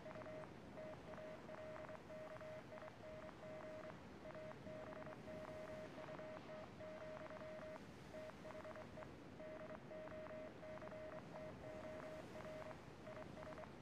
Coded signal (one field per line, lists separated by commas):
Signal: Morse code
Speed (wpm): 25 wpm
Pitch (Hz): 620 Hz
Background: none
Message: U TALKING ABOUT, THE DOCTOR IS